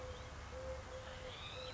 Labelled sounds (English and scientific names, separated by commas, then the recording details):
Eurasian Collared Dove (Streptopelia decaocto)
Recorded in Sonoma County, California